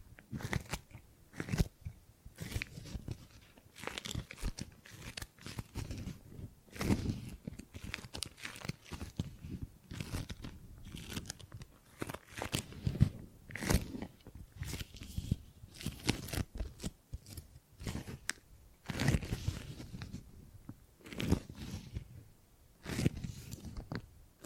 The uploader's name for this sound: Tingly Gripping and Grabbing Sounds